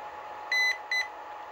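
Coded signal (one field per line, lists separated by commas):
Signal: beep code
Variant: smart battery charger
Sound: two clean 2 kHz beeps, first about 0.2 s, second about 0.1 s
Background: faint electrical hum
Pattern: 1 long, 1 short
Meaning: Charge finished and cells balanced; battery fully charged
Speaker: okay so now it's done two beeps what it's saying is that the charge is finished it has now balance up those cells to where it's happy that they are balanced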